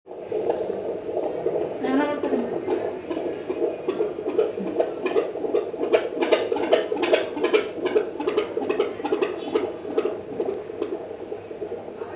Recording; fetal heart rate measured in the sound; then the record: fetal heartbeat by stethoscope microphone, probably a fetal Doppler's sound; 150 bpm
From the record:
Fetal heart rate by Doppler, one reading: 149 bpm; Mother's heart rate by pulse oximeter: 94 bpm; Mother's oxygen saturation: 100%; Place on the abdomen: bottom middle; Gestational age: 37+ weeks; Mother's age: 24 years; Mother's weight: 65 kg